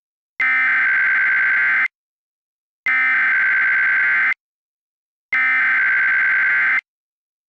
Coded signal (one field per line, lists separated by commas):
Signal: Emergency Alert System (SAME) tones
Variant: header bursts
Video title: [EAS Scenario] Scarce Occurence